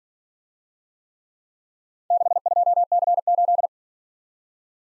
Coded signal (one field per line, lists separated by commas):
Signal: Morse code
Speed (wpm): 47 wpm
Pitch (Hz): 700 Hz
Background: none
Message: 62C8